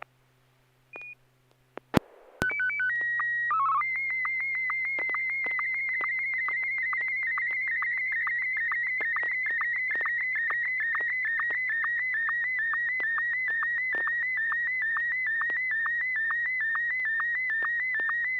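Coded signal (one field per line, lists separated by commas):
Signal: SSTV (slow-scan television)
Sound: short alternating calibration tones, a steady whistle, chirpy header, then a long warbling tone with regular ticks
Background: low hum, brief static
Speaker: You may fire when ready.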